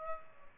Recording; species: mosquito wingbeat signal from an infrared sensor; Aedes albopictus